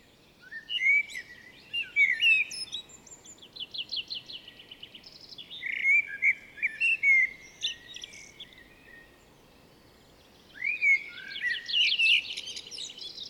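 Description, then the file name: Common blackbird pouring out three fluty, slurred phrases, each trailing into high chattering twitters, with a pause before the last. "Turdus merula"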